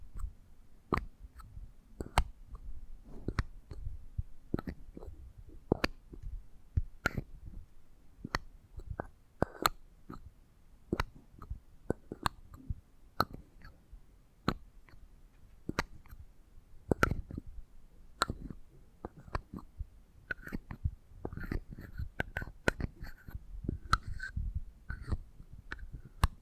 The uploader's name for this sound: ASMR Intimate Eardrum Massage